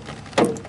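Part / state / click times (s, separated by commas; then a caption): front turn signal bulb and socket into the minivan headlamp assembly / seated / 0.4 s. A front turn signal bulb in its plastic socket is pressed back into a minivan headlamp assembly after a first try that did not go in. A sharp snap at 0.4 s marks it seating home, then the sound fades quickly.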